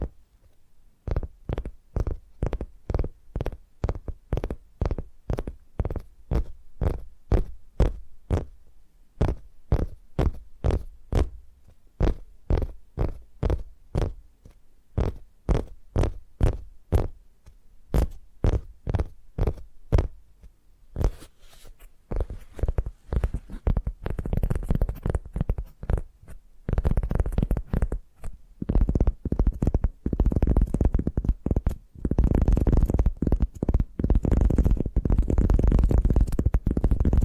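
Fingers tap in a quick, steady rhythm of short, sharp knocks, each with a soft, low thud underneath. Around twenty seconds the taps turn denser and faster, running together into a busy, rumbling flurry that continues to the end.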